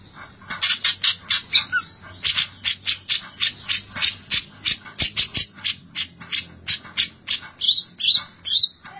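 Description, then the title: Greater Green Leafbird producing a long string of many harsh, rasping notes, ending with several higher, slurred notes. "Cucak ijo"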